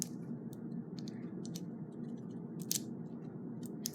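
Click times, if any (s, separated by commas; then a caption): 2.7 s. A replacement plastic wristband is pushed into the slot on a Fitbit Charge 2 fitness tracker body, with soft scraping and small high-pitched ticks over a steady low hum. It latches with a sharp snap at 2.7 seconds, seating the wristband in place.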